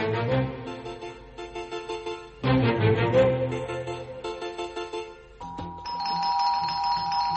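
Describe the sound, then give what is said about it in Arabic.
A doorbell rings again and again after midnight in bright, repeating chime tones, a rapid run of strikes broken by short pauses, then a steadier sustained electric ring near the end. No one speaks. “يا ترى مين اللي هيجينا في الوقت ده؟ افتح الباب يا توفيق يا ابني لما نشوف.”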